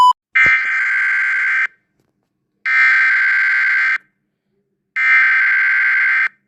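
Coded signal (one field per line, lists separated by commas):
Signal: Emergency Alert System (SAME) tones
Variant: header bursts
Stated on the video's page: Fictional country's EAS alarm.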